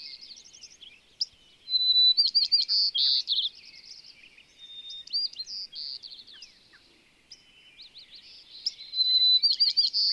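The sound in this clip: Bird pouring out varied song: bursts of loud whistles and buzzy notes alternating with softer twitters and trills, repeated several times.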